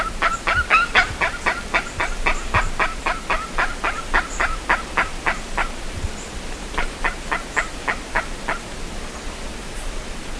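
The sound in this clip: Bird giving a rapid series of short, nasal honking calls, about four per second, with a brief pause midway before the calling resumes; faint background hiss.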